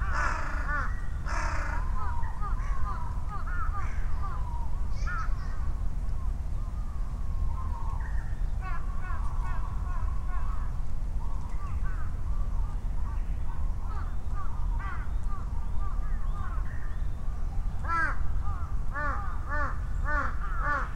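Crows caw in bursts near the start, around eighteen seconds and toward the end, over a constant low rumble of traffic with faint birdsong.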